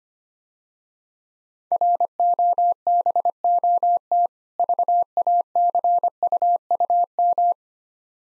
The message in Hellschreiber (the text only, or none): none